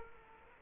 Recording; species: mosquito wingbeat signal from an infrared sensor; Culex quinquefasciatus